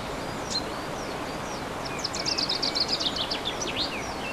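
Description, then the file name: Bird song: high, thin chirps with a quick series of rapid notes in the middle, heard against a constant loud rushing hiss. Bird songs recorded 15 March 2014 on an MZ-N710 recorder. "MZ-N 710 Chants d oiseaux 15 03 14"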